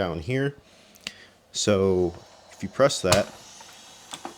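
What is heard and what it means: Someone talks while pressing the release on the head of a Bissell PowerFresh Vac & Steam steam mop, with a brief sharp tick at about 1.1 s. The plastic catch clicks at 4.1 s and 4.3 s as the cleaning pad detaches, so the bottom part can be cleaned easily.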